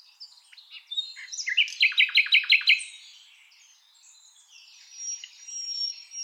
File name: Luscinia megarhynchos